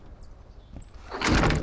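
The operable (active) door of a dome is shut against the fixed inactive door, which is held in place by a latch on the inside. After a quiet stretch with faint ticks around 0.8 s, a loud broadband closing sound builds from about 1.2 s, and the door latches with a sharp hit at 1.5 s.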